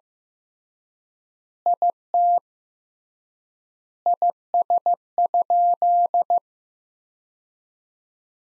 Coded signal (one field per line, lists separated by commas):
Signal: Morse code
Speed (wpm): 15 wpm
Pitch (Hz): 700 Hz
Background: none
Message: IT IS?